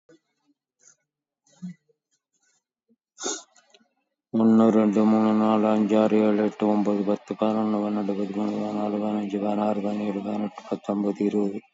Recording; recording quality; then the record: counting at a fast pace; excellent, no background noise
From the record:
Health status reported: exposed to COVID-19, no respiratory illness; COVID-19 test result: negative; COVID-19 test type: RT-PCR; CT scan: taken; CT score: 7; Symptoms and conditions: cough, sore throat, fatigue, loss of smell and taste, diabetes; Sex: male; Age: 81 years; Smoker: no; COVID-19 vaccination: none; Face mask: worn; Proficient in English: yes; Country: India